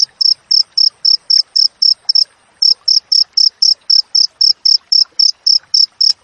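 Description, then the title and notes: Cricket chirping in quick, bright pulses, roughly four per second, with a short gap partway through before the rhythm resumes. Wild cricket chirping with close spacing between chirps, offered as a master recording for training songbirds and for driving away rats. "Masteran Jangkrik Alam Jernih, Jeda Rapat Cocok Untuk Masteran Burung Dan Mengusir Tikus. suara jangkrik"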